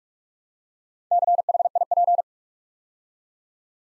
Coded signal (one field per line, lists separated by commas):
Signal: Morse code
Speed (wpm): 44 wpm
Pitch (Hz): 700 Hz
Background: none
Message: CHIP